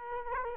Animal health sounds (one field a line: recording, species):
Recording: mosquito wingbeat signal from an infrared sensor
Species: Culex quinquefasciatus